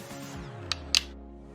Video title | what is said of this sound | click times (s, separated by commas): How to Don (put on) the MyoPro® 2x - Dorsal Left | The piece should click in place. | 0.7 s, 0.9 s